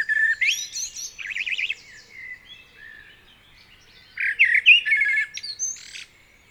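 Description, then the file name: Common blackbird singing varied warbled phrases near mid pitch, broken by high squeaky twitters, with a quiet pause before a second burst of song. "Turdus merula"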